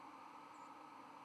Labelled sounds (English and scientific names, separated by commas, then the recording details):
White-throated Sparrow (Zonotrichia albicollis) flight call
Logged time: 23:54 on 30 October 2014